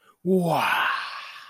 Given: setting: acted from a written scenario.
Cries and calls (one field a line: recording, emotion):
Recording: vocal sound without words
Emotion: desire